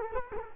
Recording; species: mosquito wingbeat signal from an infrared sensor; Culex quinquefasciatus